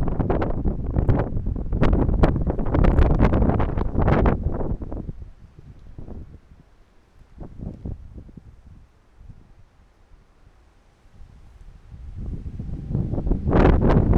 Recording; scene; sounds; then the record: everyday scene through a hearing-aid microphone; wind on the microphone; squally wind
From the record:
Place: parking lot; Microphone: behind the ear, right, front